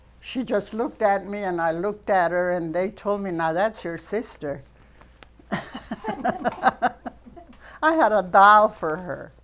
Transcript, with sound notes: she just looked at me and I looked at her, and they told me, "Now, that's your sister." ( they laugh ) I had a doll for her.